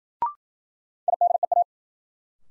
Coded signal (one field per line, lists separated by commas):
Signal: Morse code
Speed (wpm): 51 wpm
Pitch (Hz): 700 Hz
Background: none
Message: IDEA